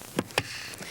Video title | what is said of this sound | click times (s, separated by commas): "Bodum Santos Instructions For Use" VHS | place the cover on top and snap into place | 0.4 s